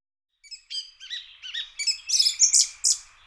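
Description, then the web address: Song thrush song: a run of varied high whistled and chirping phrases, growing louder toward the end, no other sounds. "birdify. turdus philomelos"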